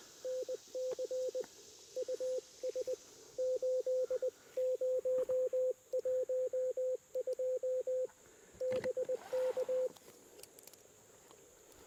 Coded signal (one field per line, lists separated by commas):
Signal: Morse code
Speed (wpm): 20 wpm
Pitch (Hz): 510 Hz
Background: radio noise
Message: NC US 8012 BK